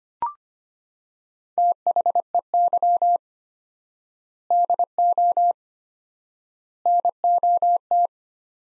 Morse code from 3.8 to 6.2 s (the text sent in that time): DO